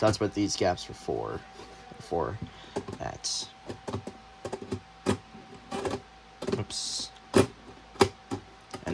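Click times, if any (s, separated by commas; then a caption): 8.0 s. A plastic LEGO element is pressed into position on a LEGO 60414 Fire Station With Fire Truck build while someone talks, with small plastic clicks and handling sounds throughout. A sharp plastic snap at 8.0 s marks the part locking into place, seated.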